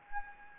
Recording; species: mosquito wingbeat signal from an infrared sensor; Anopheles gambiae